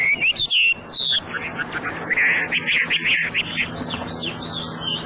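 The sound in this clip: Hwamei song: looping whistles followed by a fast buzzy trill of repeated notes, then more sliding whistled phrases.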